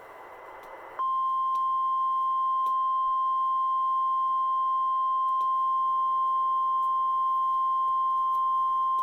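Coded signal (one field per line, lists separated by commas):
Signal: Emergency Alert System (SAME) tones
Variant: 1050 Hz attention tone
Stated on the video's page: Required Weekly Test tones from Portland, Oregon.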